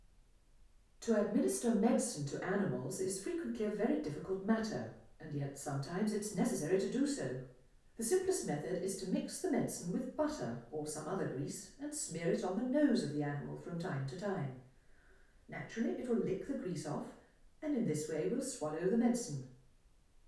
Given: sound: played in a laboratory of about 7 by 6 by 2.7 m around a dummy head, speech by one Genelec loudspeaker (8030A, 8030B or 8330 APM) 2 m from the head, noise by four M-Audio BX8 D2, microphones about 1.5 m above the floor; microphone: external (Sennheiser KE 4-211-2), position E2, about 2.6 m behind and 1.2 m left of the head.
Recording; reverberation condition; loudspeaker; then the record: female speech in English; medium; 60 degrees to the left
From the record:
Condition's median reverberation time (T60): about 510 ms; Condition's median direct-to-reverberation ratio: about -0.5 dB